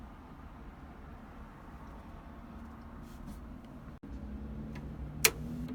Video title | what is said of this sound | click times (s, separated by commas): BRAVO III WITH EZ JAW TUTORIAL (HOW TO DUPLICATE KEY) | soon as you're ready to cut, you're gonna bring down your safety guard, make sure it clicks, | 5.3 s